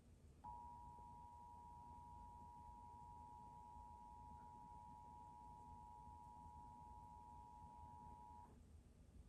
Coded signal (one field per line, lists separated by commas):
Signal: Emergency Alert System (SAME) tones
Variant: 853 and 960 Hz attention tone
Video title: EAS #181-183: April 2025 Pennsylvania Required Monthly Test On Comcast, PBS Kids, And NBC (4/17/25)